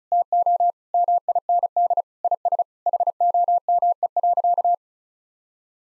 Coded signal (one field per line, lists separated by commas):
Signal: Morse code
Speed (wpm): 34 wpm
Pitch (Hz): 700 Hz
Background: none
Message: TO MIND IS HOME.